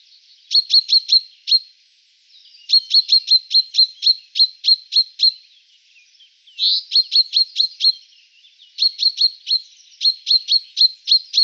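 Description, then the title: Common chaffinch uttering bursts of quick, sharp high calls, several short series separated by brief pauses. "Sylvain Jaskowiak - Mes piafs. Pinson des arbres (cris)"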